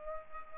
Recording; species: mosquito wingbeat signal from an infrared sensor; Culex pipiens